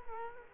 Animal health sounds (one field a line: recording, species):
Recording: mosquito wingbeat signal from an infrared sensor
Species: Culex quinquefasciatus